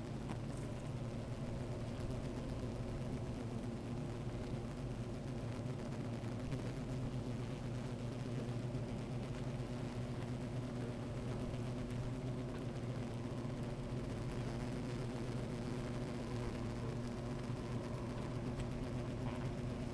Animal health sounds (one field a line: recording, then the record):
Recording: honeybee colony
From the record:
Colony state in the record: active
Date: 28 July 2017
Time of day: 13:08